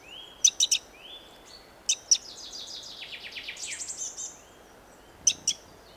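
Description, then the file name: Eurasian wren ticking in short clusters of sharp, high notes, with a fast trilled series in the middle. "Troglodytes troglodytes"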